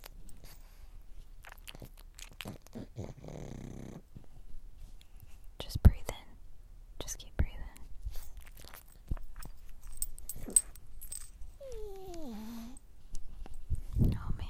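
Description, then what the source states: Pug giving one short whine that slides downward, surrounded by scattered crunching, rustling and soft handling noises. Pug ASMR sounds.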